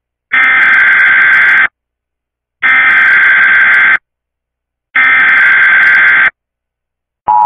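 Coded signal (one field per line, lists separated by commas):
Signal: Emergency Alert System (SAME) tones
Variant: header bursts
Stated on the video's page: Real EAS alert aired on Cartoon Network.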